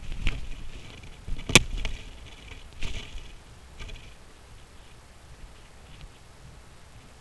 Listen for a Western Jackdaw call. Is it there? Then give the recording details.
no. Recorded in Germany in the breeding season of 2015. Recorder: a small backpack on a wild male jackdaw